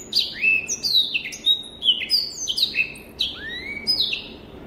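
Rüppell's warbler giving a brisk scratchy song of quick notes, with clear whistled downslurs and slurred rising notes mixed in.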